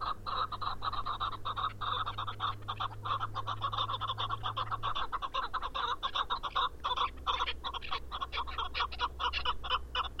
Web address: sound Chukar. دانلود-صدای-کبک-چوکار